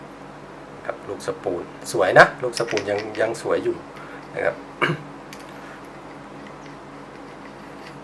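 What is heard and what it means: Someone talks while holding the spool of a Daiwa Bass Spin D1300B spinning reel, which is still in good condition, before finding the flat on the shaft so the spool locks on. A few light handling taps and knocks come through between the words. The spool has not yet been seated on the shaft, and nothing has clicked into place.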